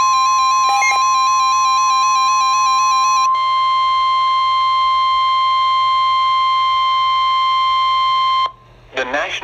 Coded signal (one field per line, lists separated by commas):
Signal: Emergency Alert System (SAME) tones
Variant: 1050 Hz attention tone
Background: speech, music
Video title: (Double Header) 2 River Flood Warnings - 01/24/19 (EAS #39-40)